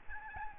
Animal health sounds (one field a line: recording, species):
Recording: mosquito wingbeat signal from an infrared sensor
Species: Aedes albopictus